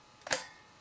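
A plastic push pin of a stock Core i7 CPU cooler is pressed diagonally into its motherboard mounting hole. After a faint tick near 0.3 s, a sharp bright click at 0.3 s shows the pin seating, then a short fade to quiet.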